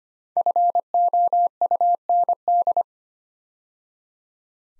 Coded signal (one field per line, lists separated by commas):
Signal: Morse code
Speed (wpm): 25 wpm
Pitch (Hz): 700 Hz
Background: none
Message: FOUND